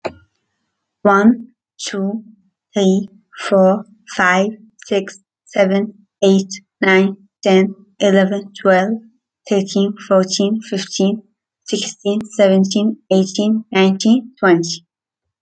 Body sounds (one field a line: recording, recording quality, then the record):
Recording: counting at a normal pace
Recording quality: excellent, no background noise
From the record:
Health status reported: healthy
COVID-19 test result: not tested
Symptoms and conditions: none ticked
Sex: female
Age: 28 years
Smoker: not ticked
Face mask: not worn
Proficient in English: yes